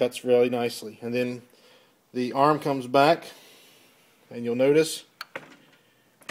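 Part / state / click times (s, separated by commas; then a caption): safety lock on the blade arm of a manual paper cutter / seated / 6.3 s. Someone talks while the blade arm of a manual Advance paper cutter is brought back up after a cut. Short sharp sounds come around 5.2 and 5.4 s, then the added metal safety lock on the arm engages with a short metallic click at 6.3 s. The lock seats and holds the arm in place so the operator's fingers are protected.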